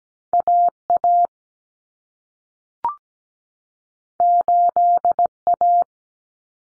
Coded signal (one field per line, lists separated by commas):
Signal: Morse code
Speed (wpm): 17 wpm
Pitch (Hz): 700 Hz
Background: none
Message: AA 8A